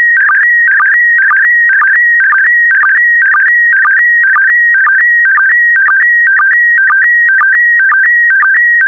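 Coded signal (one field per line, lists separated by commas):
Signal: SSTV (slow-scan television)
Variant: PD120 mode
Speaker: The next image transmission will start in 10 seconds.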